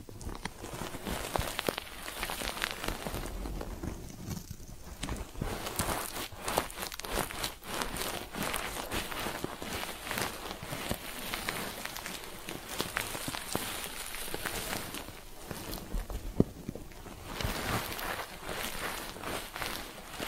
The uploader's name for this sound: Ear Cleaning Triggers